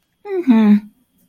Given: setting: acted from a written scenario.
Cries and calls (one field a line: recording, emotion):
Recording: vocal sound without words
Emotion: neutral